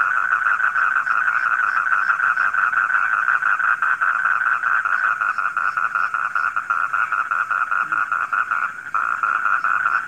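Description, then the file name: Frogs calling continuously with rapid pulsed notes at one pitch, a brief dip near the end, and soft high hiss throughout. Frogs heard at night. "suara kodok di malam hari"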